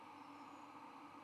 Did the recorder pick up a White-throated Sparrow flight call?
no